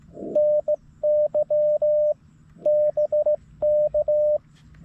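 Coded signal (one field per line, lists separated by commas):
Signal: Morse code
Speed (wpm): 16 wpm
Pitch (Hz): 590 Hz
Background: radio noise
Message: NY BK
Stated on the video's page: Slow (QRS) CW sent by hand on a straight key at 14–16 WPM, park activation, G90 transceiver, vertical antenna, 20 W, lower than normal signal reports.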